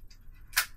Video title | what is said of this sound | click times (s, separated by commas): un hélico et un avion de voltige EX145 K124 et MX2 unbox et test (14/12/24) | Ok. Ah oui, ça rentre direct. | 0.6 s